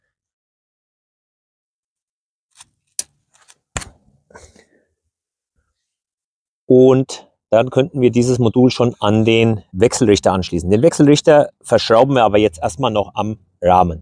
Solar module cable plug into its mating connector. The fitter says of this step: supplied plugs together here until it snaps into place